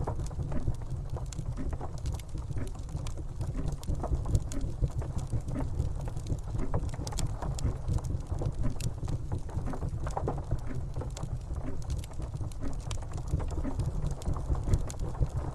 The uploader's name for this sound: Grandfather Clock Ticking w/ Periodic Chimes Next to Fireplace & Rain in The Background